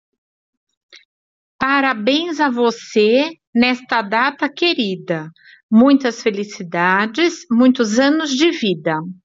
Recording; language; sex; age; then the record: short text; Brazilian Portuguese; female; 40 to 49 years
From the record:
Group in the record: control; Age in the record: 48 years